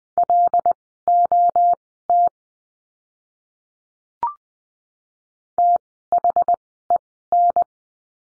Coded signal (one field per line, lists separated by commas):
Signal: Morse code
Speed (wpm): 20 wpm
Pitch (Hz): 700 Hz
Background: none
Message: LOT THEN